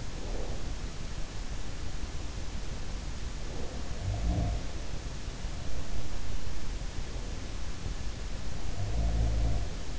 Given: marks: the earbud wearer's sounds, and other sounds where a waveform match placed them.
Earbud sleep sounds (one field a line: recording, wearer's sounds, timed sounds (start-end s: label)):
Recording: sounds in sleep by an in-ear microphone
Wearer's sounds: breath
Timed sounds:
0.00-0.90 s: breath
3.36-4.62 s: sound from someone else or the room
8.56-9.99 s: sound from someone else or the room